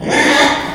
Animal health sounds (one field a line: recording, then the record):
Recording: squeal of a Yucatan mini pig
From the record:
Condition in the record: after surgery on the right vocal fold (resection and tissue-engineered implant)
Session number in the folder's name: 3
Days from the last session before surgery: 33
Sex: male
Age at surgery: 12 weeks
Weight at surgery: 13 kg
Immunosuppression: cyclosporine, prednisolone